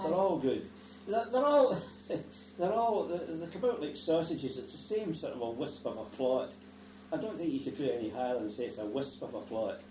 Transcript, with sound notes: They're all good.
Aye.
They're all, [laughs] they're all, they came out like sausages. It's the same sort of wisp of a plot. I don't think you could put it any higher than say it's a wisp of a plot.